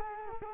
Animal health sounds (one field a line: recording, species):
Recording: mosquito wingbeat signal from an infrared sensor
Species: Culex quinquefasciatus